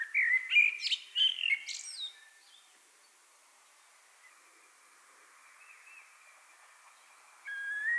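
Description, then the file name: Common blackbird song: a brief fluted warble running into high, scratchy squeaks, then a long quiet pause before a new phrase begins. "Turdus merula"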